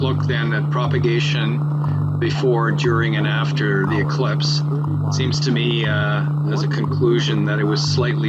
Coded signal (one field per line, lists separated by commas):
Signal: radio time signal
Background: speech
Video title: HF Solar Eclipse Propagation